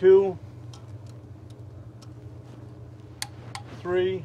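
Someone talks as a torque wrench on an intake bolt of a V6 engine moves to bolt two in the tightening sequence, with faint ticks over a steady low hum. The wrench clicks sharply at 3.2 s when it reaches the set torque, followed by a second sharp tick, and then someone talks again.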